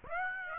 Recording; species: mosquito wingbeat signal from an infrared sensor; Aedes aegypti